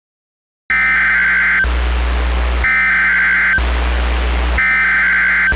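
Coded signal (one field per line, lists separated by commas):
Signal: Emergency Alert System (SAME) tones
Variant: header bursts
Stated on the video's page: Fictional EAS scenario, not a real alert; a first attempt at such a scenario, set in Australia.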